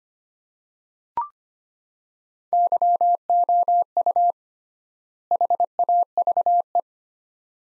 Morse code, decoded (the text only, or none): YOU HAVE